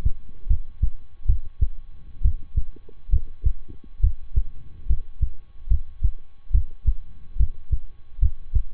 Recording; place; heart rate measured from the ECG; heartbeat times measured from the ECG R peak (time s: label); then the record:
heart sounds by stethoscope; between the tricuspid and mitral areas; 70 bpm
0.47 s: heartbeat
1.26 s: heartbeat
2.21 s: heartbeat
3.09 s: heartbeat
4.00 s: heartbeat
4.86 s: heartbeat
5.67 s: heartbeat
6.51 s: heartbeat
7.36 s: heartbeat
8.19 s: heartbeat
From the record:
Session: rest, lying down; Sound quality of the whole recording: good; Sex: male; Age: 23 years